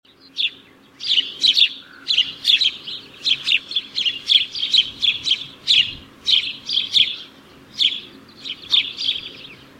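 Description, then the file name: House sparrow giving a long, steady series of harsh chirps over a faint low hum. "Passer domesticus"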